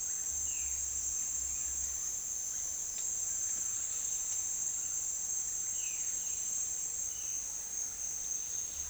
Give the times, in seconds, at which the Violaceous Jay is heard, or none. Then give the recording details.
5.67-7.45. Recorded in dense forest near Puerto Asís, Putumayo, Colombia, on 8 March 2025 at 09:00. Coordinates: 0.503, -76.323. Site GP09